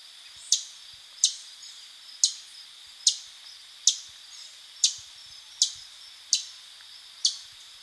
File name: Canada Warbler - Cardellina canadensis